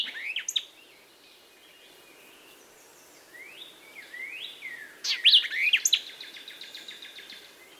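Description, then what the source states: White-eyed Vireo song, a short sharp phrase at the start, then slurred whistled notes and an emphatic burst of sharp notes with a rapid rattle-like ending. Sharp, emphatic song, unlike other vireos' mellow songs, rendered chick purrowio chick; the initial chick phrase is a common element of the song.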